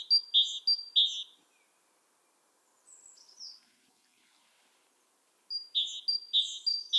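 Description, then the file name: Great tit song: clear repeated two-note phrases in two bursts, with a few softer high notes in the pause between. "Parus major"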